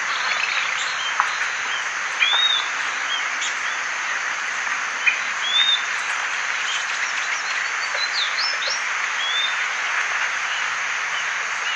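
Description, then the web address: Bird calls: short chirps and slurred whistles scattered throughout, a few louder notes standing out, with steady background hiss. "BIRD 2015 SABIOD 50 bird 2015"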